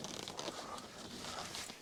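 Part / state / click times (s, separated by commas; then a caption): side clip of a roof top tent / not seated / none. Someone handles the side clip on the other side of a Wildlands roof top tent, with the strap moved out of the way first, before pushing the clip up to lock it in. Rustling, scraping handling noise runs throughout, with brief sharp ticks near 0.0, 0.3 and 0.4 seconds. Nothing has seated or clicked yet.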